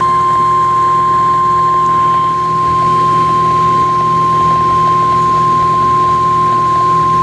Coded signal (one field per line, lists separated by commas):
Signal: Emergency Alert System (SAME) tones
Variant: 1050 Hz attention tone